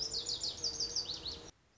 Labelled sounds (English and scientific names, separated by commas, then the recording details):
Lazuli Bunting (Passerina amoena)
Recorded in Sonoma County, California